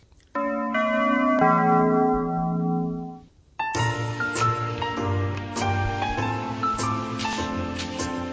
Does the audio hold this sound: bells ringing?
yes